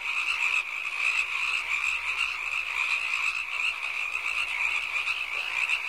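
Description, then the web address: Many frogs croak together in a constant, buzzing chorus that holds an even level from start to finish. "animali rane rana frog"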